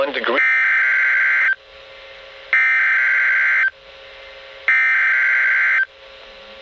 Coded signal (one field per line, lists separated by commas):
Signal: Emergency Alert System (SAME) tones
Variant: header bursts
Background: speech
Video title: Tornado Warning (EAS#0046) 10/10/2020 [Audio only]